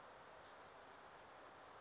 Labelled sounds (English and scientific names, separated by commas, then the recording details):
Chestnut-backed Chickadee (Poecile rufescens)
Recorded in Sonoma County, California